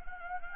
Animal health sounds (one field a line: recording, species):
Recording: mosquito wingbeat signal from an infrared sensor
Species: Anopheles gambiae